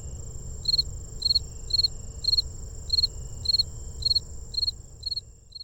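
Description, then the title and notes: Fall field cricket chirping, short pulsed high chirps repeated about twice a second, over a steady high insect whine and a low rumble. A Gryllus species, near a research refuge visitor center, September 8, 2015 at 7:53 pm, about 82°F; Fostex FR-2 recorder, Sennheiser ME62 microphone in a Telinga parabola. "Fall Field Cricket (one of the Gryllus species) recorded near Visitor Center of Patuxent Research Refuge September 8, 2015 at 7:53pm"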